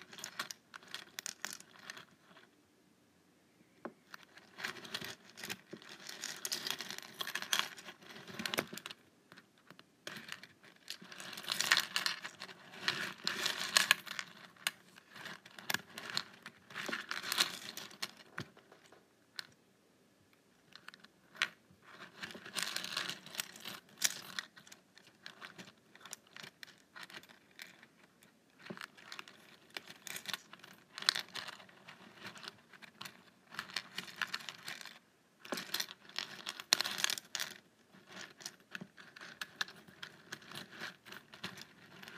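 Paperclips are handled and shuffled, making bright metallic clinks and rattling jingles in dense bursts of several seconds each. Brief quiet gaps separate the bursts, around 4, 10, 20 and 35 seconds. A faint low hum runs steadily underneath.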